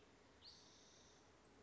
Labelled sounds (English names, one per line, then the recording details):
Spotted Towhee
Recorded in Sonoma County, California